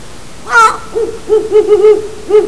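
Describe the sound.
Owl calling: a harsh, high screech, then a series of short, low, hollow hoots with rising and falling edges.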